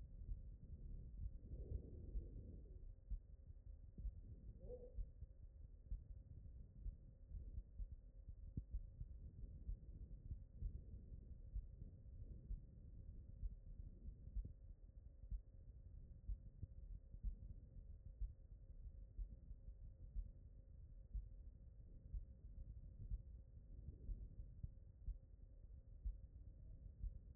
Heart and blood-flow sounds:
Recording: heart sounds by stethoscope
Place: aortic valve (AV)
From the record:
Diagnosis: non-HFrEF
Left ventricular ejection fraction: 61%

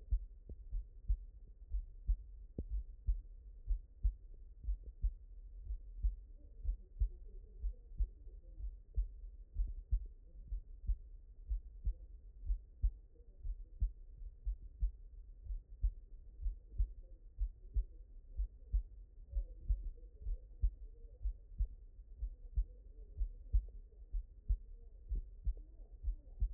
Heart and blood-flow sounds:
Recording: heart sounds by stethoscope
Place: mitral valve (MV)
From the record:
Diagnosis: non-HFrEF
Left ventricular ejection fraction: 49%

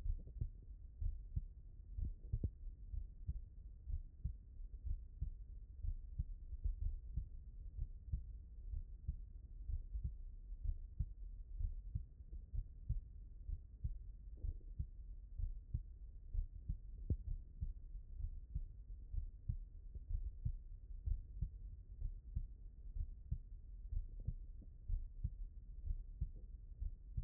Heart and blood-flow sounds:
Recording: heart sounds by stethoscope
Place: pulmonary valve (PV)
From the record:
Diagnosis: non-HFrEF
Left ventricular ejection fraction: 63%

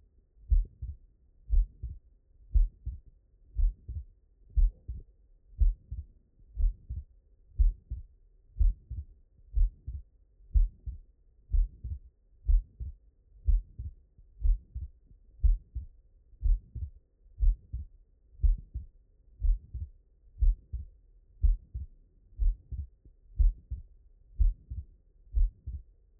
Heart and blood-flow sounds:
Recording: heart sounds by stethoscope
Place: mitral valve (MV)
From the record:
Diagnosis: non-HFrEF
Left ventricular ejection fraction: 63%

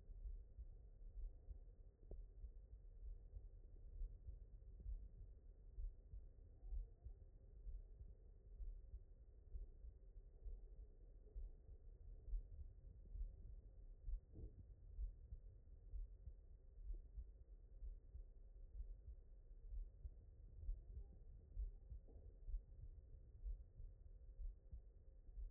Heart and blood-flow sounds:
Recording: heart sounds by stethoscope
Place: mitral valve (MV)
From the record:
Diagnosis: non-HFrEF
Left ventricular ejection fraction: 76%

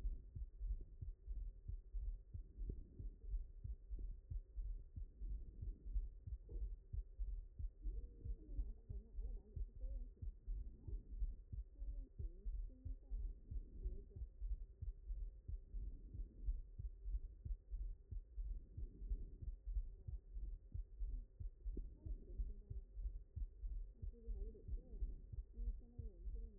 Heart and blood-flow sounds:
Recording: heart sounds by stethoscope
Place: mitral valve (MV)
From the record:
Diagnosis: non-HFrEF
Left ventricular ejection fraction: 48%

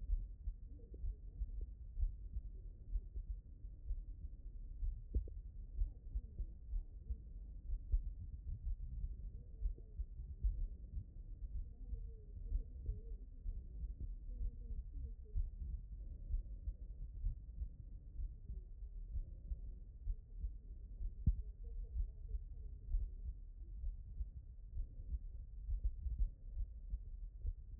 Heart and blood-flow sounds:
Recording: heart sounds by stethoscope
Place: aortic valve (AV)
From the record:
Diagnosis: non-HFrEF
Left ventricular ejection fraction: 62%

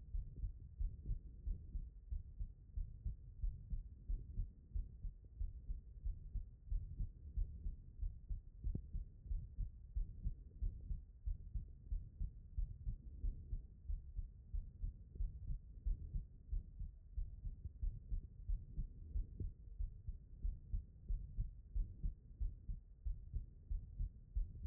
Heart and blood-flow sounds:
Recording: heart sounds by stethoscope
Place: pulmonary valve (PV)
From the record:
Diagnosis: non-HFrEF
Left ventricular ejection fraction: 72%

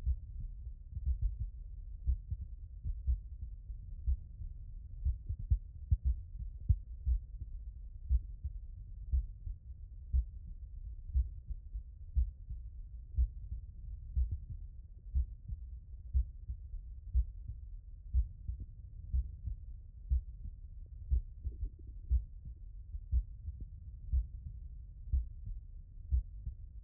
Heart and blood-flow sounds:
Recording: heart sounds by stethoscope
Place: tricuspid valve (TV)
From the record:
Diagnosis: non-HFrEF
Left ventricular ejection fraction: 72%

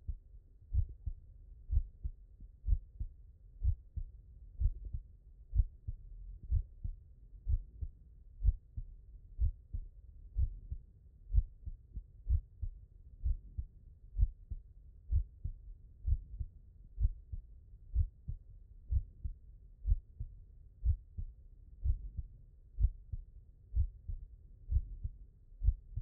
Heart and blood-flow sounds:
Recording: heart sounds by stethoscope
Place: mitral valve (MV)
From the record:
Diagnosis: non-HFrEF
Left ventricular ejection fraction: 65%

